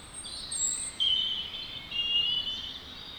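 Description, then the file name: European robin giving thin, high-pitched whistled notes and short trills in several bursts, over a steady hiss of background noise. "Erithacus rubecula"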